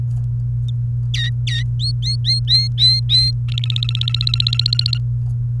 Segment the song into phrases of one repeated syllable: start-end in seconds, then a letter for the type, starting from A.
1.14-1.63 A, 1.79-3.31 B, 3.48-4.98 C